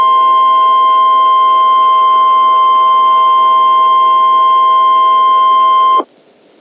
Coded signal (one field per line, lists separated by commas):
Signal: Emergency Alert System (SAME) tones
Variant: 1050 Hz attention tone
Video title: Texas Inferno (EAS Scenario)